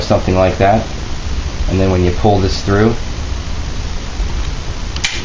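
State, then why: Seated. Someone talks while a clutch part of a Dyson vacuum cleaner's clutch assembly is pulled through during reassembly for a clutch belt replacement, over a steady hiss. A sharp snap at 5.1 s, just after a faint tick, marks the part snapping into place, seated.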